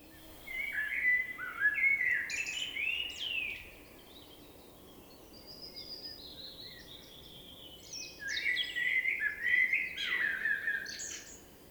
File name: Turdus merula